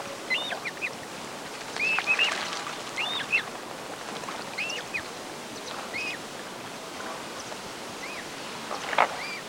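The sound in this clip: Andean coot calls, brief squeaky arched notes in loose clusters, busiest early and near the end, with a constant hiss behind.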